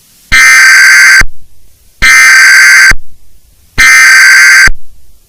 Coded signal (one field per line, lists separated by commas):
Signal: Emergency Alert System (SAME) tones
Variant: header bursts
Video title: EAS Scenario: How the International Dark War Began